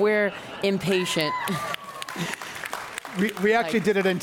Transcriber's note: applause